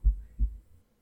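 A normal adult heartbeat, heard with the listener as close as possible to the heart.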